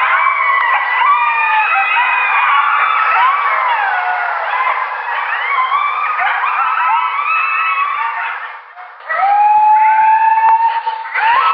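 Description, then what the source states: Coyote chorus of tangled yips and wobbling howls, thinning briefly near the end before one clear, steady howl rises above the rest. Pups.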